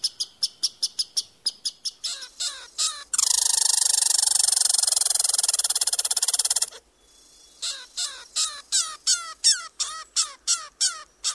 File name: red squirrel lang elliott